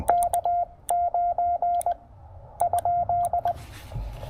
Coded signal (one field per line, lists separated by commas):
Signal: Morse code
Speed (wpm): 19 wpm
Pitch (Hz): 700 Hz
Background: none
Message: K9 ?